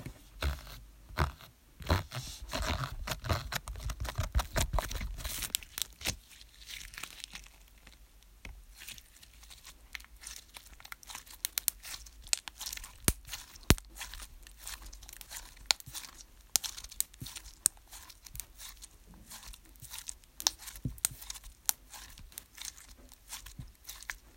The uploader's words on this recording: Wir haben uns Slime selber zusammen gemischt, mit schon gemischtem Slime gespielt und ihn zerrissen. Slime ASMR.